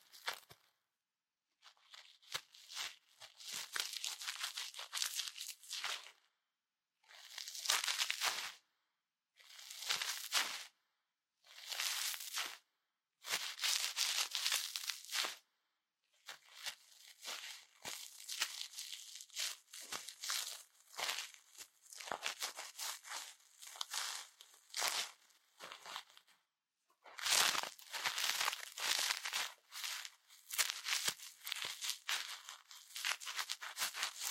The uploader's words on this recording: 台灣ASMR | 掏穿你的耳朵 | 耳掃除 | Ear Cleaning | NO Talking.